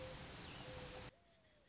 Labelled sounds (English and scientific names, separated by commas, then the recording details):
Mourning Dove (Zenaida macroura)
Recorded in Sonoma County, California